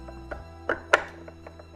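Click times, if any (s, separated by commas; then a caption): 0.9 s. An armor piece is worked onto a Taurus collectible action figure, needing the right angle, with light plastic-like taps and scrapes at 0.3 s and 0.7 s over a steady background hum. It snaps into place with a sharp, bright click at 0.9 s, followed by another small tap at 1.8 s.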